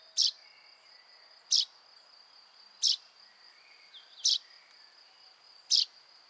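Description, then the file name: Common chaffinch uttering five short, emphatic high calls, evenly spaced, over a continuous shrill insect tone. "Fringilla coelebs"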